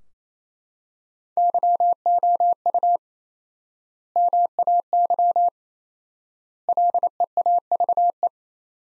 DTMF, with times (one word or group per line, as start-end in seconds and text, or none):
none